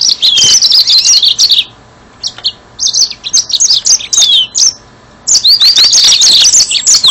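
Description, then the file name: Yellow-fronted canary song in bursts: dense high trilling, then scattered short chirps, then a renewed run of quick rising notes. "mozambik"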